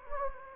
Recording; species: mosquito wingbeat signal from an infrared sensor; Anopheles gambiae